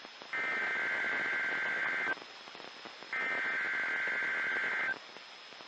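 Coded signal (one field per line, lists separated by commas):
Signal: Emergency Alert System (SAME) tones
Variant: header bursts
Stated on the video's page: EAS tests.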